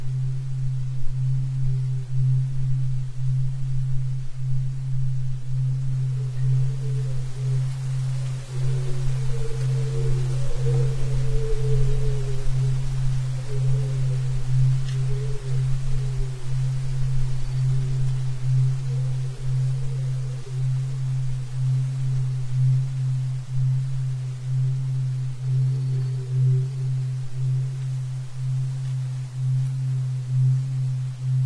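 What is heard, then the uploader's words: A steady low tone at 136.1 Hz hums unbroken for the whole half minute, even in loudness like a struck bowl held ringing. Fainter higher overtones shimmer and waver above it, most noticeably from about seven seconds on, over a soft low rumble. 136.1 Hz - Calm and soothing, deep relaxation (wear headphones).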